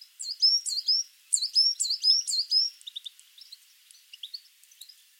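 Coal tit song of rapid, high-pitched paired notes repeated several times, then fading into softer scattered chirps and twitters.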